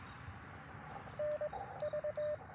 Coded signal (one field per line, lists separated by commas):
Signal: Morse code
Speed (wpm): 22 wpm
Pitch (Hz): 600 Hz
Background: none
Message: NV